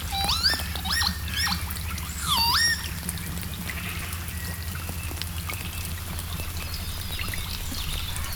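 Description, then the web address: Northern lapwing calls, loud wheezy up-and-down notes in the first three seconds, then fainter ones amid constant rain patter and a low rumble. "EXTREME SOUND 2. Lapwings (Vanellus Vanellus) and Rain"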